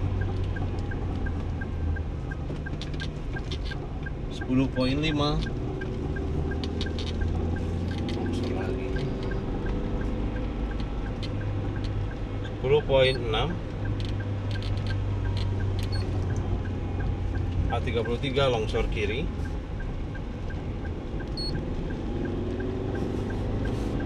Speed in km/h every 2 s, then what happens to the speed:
37, 37, 43, 44, 45, 47, 47, 45, 43, 45, 48, 50.
0-10 speeds up to 47. 10-17 steady at about 45. 17-24 speeds up to 50.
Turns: 0-5.